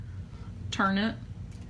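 An interchangeable spatula or piercing tool tip is handled at a craft tool handle, where it will twist-lock into place, while someone talks briefly over a low steady hum. Nothing has seated or clicked yet.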